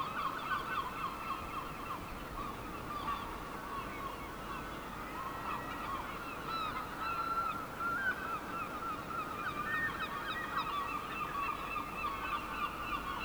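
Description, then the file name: Massed gull cries overlap continuously, a restless chatter of yelps and occasional longer wailing notes. "seagulls"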